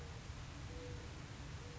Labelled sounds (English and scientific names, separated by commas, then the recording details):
Mourning Dove (Zenaida macroura)
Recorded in Sonoma County, California